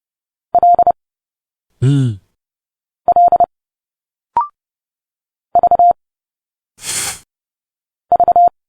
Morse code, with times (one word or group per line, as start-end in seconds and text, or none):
0.5-0.9 L
3.1-3.4 L
5.6-5.9 V
8.1-8.5 V